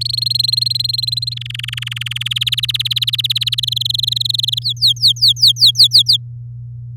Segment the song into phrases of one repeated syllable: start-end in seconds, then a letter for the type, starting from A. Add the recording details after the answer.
0.01-1.34 A, 1.36-2.28 B, 2.31-3.60 C, 3.63-4.59 D, 4.62-6.17 E. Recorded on 9 May 2018 at 08:54. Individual llb16